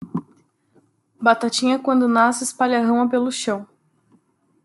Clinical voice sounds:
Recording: short text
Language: Brazilian Portuguese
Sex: female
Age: 30 to 39 years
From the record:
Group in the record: control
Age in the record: 33 years

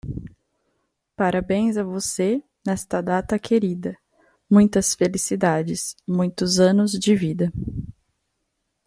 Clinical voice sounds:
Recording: short text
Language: Brazilian Portuguese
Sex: female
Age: 20 to 29 years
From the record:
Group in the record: control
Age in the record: 29 years

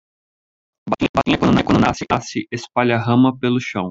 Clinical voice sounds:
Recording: short text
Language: Brazilian Portuguese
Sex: male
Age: 30 to 39 years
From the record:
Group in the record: control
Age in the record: 36 years

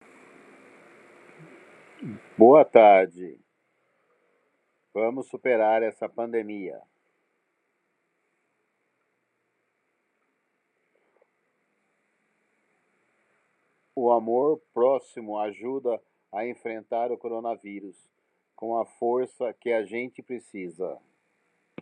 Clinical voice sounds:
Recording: spoken sentence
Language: Brazilian Portuguese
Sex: male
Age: 50 to 59 years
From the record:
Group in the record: control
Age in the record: 52 years

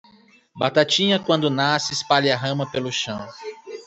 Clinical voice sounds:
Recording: short text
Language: Brazilian Portuguese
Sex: male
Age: 20 to 29 years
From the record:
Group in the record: control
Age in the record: 28 years

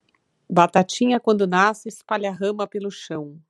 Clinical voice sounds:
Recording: short text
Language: Brazilian Portuguese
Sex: female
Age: 40 to 49 years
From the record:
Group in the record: control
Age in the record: 48 years

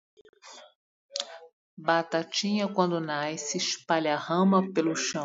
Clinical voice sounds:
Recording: short text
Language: Brazilian Portuguese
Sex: female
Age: 50 to 59 years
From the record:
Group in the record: control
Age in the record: 54 years

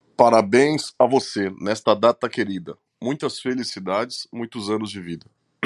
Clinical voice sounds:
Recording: short text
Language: Brazilian Portuguese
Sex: male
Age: 30 to 39 years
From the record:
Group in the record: control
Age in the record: 35 years

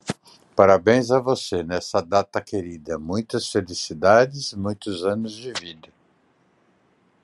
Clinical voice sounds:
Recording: short text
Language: Brazilian Portuguese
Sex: male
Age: 60 to 69 years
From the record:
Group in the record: control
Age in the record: 65 years

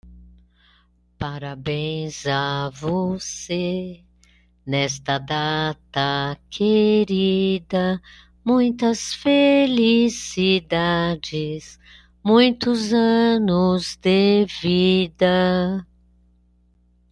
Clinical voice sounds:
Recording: short text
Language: Brazilian Portuguese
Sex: female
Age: 60 to 69 years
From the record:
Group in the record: control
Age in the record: 66 years

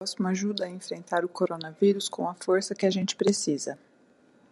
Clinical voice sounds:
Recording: spoken sentence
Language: Brazilian Portuguese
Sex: female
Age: 30 to 39 years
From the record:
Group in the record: control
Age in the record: 37 years

